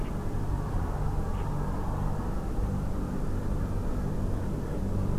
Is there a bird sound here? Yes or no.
no